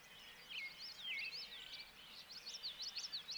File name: Bobolink